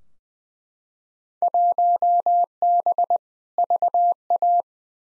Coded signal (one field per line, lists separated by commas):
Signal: Morse code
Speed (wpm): 21 wpm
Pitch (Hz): 700 Hz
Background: none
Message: 1B VA